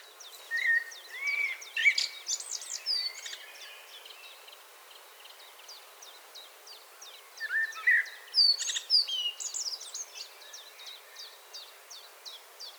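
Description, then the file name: Common blackbird singing two fluty, warbled phrases with squeaky endings several seconds apart, against a continuous series of quick high chipping notes. "Turdus merula"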